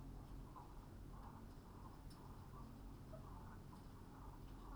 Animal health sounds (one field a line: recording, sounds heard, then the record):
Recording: poultry house recording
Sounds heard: healthy chickens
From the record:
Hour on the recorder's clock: 21